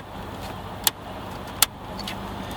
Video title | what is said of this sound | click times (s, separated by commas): How To Install an Aftermarket Car Stereo (Sony CDXGT360MP) | all snapped in place and go ahead and flank up your car | 0.9 s, 1.6 s